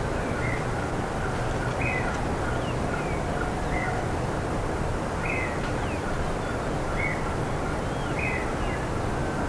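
Bird calls, short buzzy notes repeated every second or two, with fainter thin chirps between them, all over a constant loud rushing noise.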